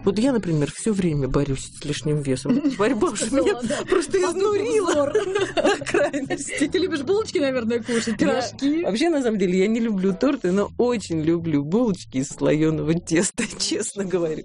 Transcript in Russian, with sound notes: Вот я, например все время борюсь с лишним весом, борьба меня уже просто изнурила до крайности. [СМЕЕТСЯ]
Любишь булочки, наверно, кушать, пирожки?
Вообще на самом деле я не люблю торты, но очень люблю булочки из слоеного теста – честно говорю.